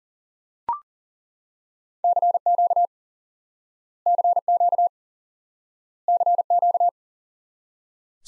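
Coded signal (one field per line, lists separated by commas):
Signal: Morse code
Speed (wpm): 40 wpm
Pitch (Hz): 700 Hz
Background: none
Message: CQ CQ CQ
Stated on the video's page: Morse lesson drilling the QSO element 599 repeated, for instant word recognition practice.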